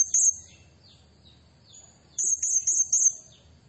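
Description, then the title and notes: Blue-crowned hanging parrot singing a rapid string of shrill, high, buzzy trill notes, a short burst and then a longer series of four. Soft chirping continues underneath. Played as a lure and tutor recording for training birds; the bird sings vigorously in the 'nembak' and 'gacor' style. "Burung Serindit Nembak Gacor. Suara Nasteran Dan Pemikat Burung Serinditan Gacor"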